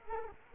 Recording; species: mosquito wingbeat signal from an infrared sensor; Culex quinquefasciatus